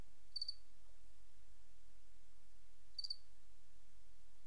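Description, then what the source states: Cricket chirps, two short high three-pulse chirps about two and a half seconds apart over a steady low hiss. Recorded 28 August 2007.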